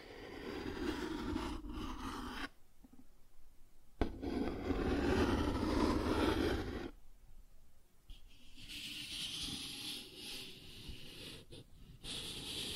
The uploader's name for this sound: Cardboard Scratching, Tracing, Tearing